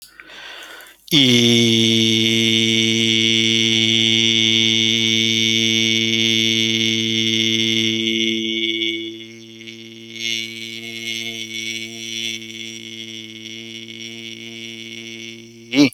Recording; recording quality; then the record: sustained vowel as in beet; excellent, no background noise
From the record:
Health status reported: healthy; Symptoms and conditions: none ticked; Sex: male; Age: 41 years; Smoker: not ticked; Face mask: not worn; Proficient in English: yes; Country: India